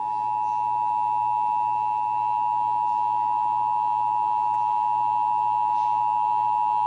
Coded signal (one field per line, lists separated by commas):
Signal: Emergency Alert System (SAME) tones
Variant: 853 and 960 Hz attention tone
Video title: (EAS #389) Child Abduction Emergency (KSCS-FM)